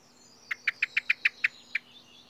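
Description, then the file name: Common blackbird calls: a quick run of eight sharp, clipped chinks, evenly spaced at first, then a short pause before the last note, over quiet background. "Turdus merula"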